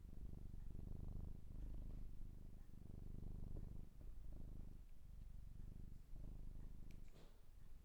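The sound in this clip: Domestic cat purr, deep and continuous, pulsing in even breaths with brief softer pauses.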